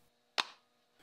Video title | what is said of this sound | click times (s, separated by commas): Mercedes W201 190E Fuel Pump Relay also W124 | gently slide the repaired board back into the outer case until it snaps in place | 0.4 s